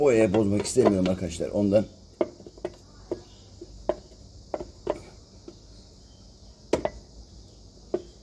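On an RKS Blazer XR 50 cc scooter, a plastic/metal clutch side cover is pressed onto the engine case while someone talks. A series of sharp knocks follows as the cover is worked on. Nothing has seated yet.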